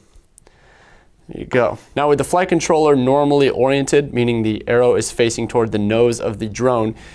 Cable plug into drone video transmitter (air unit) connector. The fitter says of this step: and just push it in there listen for the click